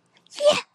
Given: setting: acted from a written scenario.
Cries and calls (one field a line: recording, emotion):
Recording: vocal sound without words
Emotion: elation